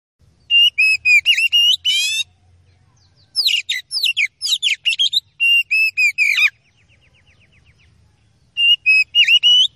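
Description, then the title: Oriental magpie-robin singing loud bursts of varied whistles, harsh buzzy notes and rapid trills, in phrases separated by short pauses. Training recording (masteran) of relentless song, meant to quickly make listening fighting magpie-robins agitated and ready to fight. "KACER NGOTOT FULL TEMBAKAN. MASTERAN KACER"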